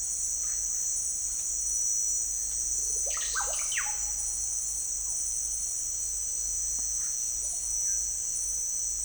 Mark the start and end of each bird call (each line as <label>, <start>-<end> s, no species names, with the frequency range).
bird call (0.2-4.8 kHz), 3.08-3.96 s